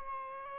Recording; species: mosquito wingbeat signal from an infrared sensor; Aedes albopictus